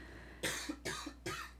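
Three short, sharp coughs come in quick succession, about 0.4 seconds apart, each a brief noisy burst with a slightly wet edge. A faint steady hum sits underneath. It is an ordinary bout of coughing from an adult close to a microphone.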